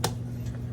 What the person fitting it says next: make sure you hear that detent click